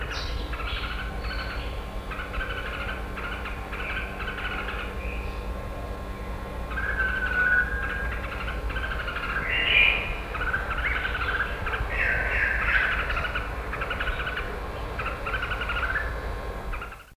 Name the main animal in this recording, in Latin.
Pycnonotus jocosus